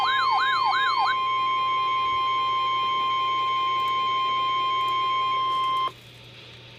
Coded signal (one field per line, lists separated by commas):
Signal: Emergency Alert System (SAME) tones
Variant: 1050 Hz attention tone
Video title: REAL EAS 1504- Severe Thunderstorm Warning